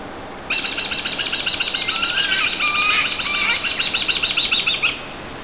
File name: NZ Falcon